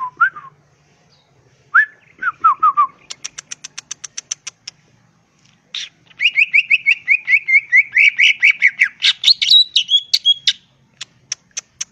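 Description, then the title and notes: Greater green leafbird song: a varied, vigorous run of slurred whistles, rapid high ticking notes and a long fast warbled trill, phrases shifting every second or two. Singing vigorously (gacor) in ngentrok style with crest raised; melodious song described as suitable for master recordings used to train other greater green leafbirds. "Cucak Ijo Gacor Ngentrok Jambul Nembak. suara burung cucak ijo gacor, merdu cocok buat masteran burung cucak ijo"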